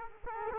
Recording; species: mosquito wingbeat signal from an infrared sensor; Culex quinquefasciatus